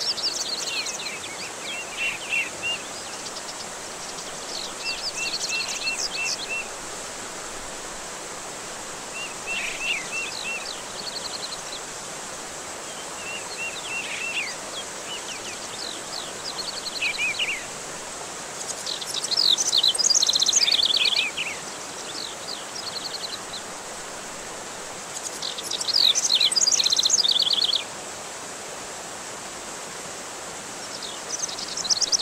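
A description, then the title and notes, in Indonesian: Birds chirp and sing almost continuously over a steady wash of falling water. Quick bright trills and short repeated notes come every few seconds, with busier, louder bursts of song around 19–21 and 25–28 seconds, all over an even rushing hiss. Kombinasi suara kicauan dan air terjun.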